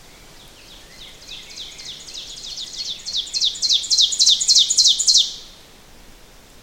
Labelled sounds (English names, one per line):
Ovenbird song